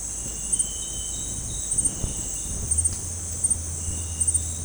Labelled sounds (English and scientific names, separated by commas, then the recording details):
none
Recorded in dense forest near Puerto Asís, Putumayo, Colombia, on 20 December 2024 at 18:00
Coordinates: 0.481, -76.323
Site G100